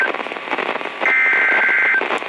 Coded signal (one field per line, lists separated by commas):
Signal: Emergency Alert System (SAME) tones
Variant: header bursts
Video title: INALIENABLE SEVERITY... Severe Weather EAS Alerts from July 3rd, 2025 SLGT Risk (EAS #2,067-2,103)